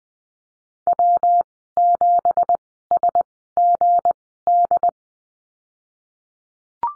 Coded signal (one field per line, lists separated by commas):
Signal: Morse code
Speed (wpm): 20 wpm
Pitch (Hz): 700 Hz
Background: none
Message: W7SGD